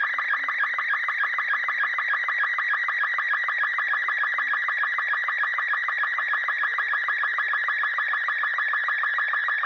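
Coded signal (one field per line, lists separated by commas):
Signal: SSTV (slow-scan television)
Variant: Robot 36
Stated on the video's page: SSTV picture sent over PMR walkie-talkies from smartphones running the SSTV Encoder app.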